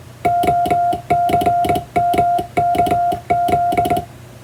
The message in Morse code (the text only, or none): OCMKZ